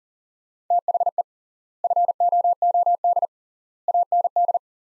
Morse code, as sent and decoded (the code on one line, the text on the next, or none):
- .... . / ..-. --- --- -.. / .- -. -..
THE FOOD AND